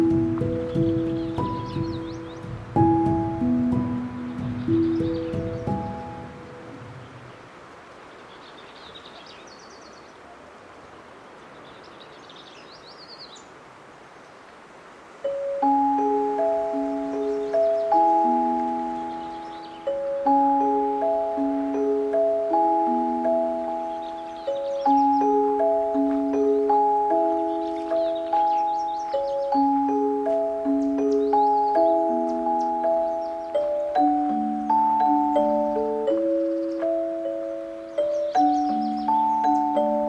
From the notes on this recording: Patagonia Lake State Park in SE Arizona